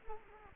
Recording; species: mosquito wingbeat signal from an infrared sensor; Culex quinquefasciatus